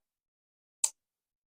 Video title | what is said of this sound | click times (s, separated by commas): Folding knife shoot out | This knife was used so much that the small knife still has its snap, | 0.8 s